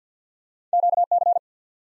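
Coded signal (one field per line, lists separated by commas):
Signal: Morse code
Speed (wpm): 47 wpm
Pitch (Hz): 700 Hz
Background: none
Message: QC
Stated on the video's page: Head-copy drill of ARRL Sections used in Field Day contest exchanges, sent at 50 wpm, spoken, then sent again.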